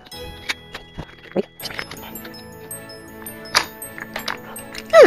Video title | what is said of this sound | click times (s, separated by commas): Pet Stroller for Margo the Tiniest Chihuahua! | easily snaps into place | 3.6 s